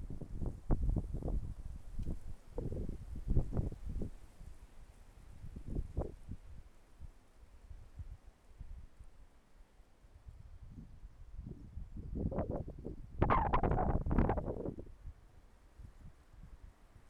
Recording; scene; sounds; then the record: everyday scene through a hearing-aid microphone; wind on the microphone; wind, traffic, birds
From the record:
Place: suburban garden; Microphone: behind the ear, left, rear